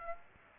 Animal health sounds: mosquito wingbeat signal from an infrared sensor; Aedes aegypti

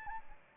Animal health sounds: mosquito wingbeat signal from an infrared sensor; Anopheles arabiensis

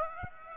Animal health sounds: mosquito wingbeat signal from an infrared sensor; Aedes aegypti

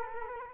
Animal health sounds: mosquito wingbeat signal from an infrared sensor; Culex quinquefasciatus

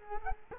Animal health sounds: mosquito wingbeat signal from an infrared sensor; Culex quinquefasciatus

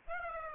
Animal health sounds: mosquito wingbeat signal from an infrared sensor; Aedes aegypti

